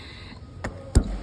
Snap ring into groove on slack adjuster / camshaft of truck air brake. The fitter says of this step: there it went I don't know if you heard the click sorry I know my video was a little off but I pushed it in